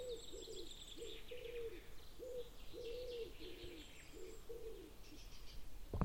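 Bird calls: low hollow coos repeated in short runs with brief pauses, while faint high chirps run through the background; a sharp click comes at the end.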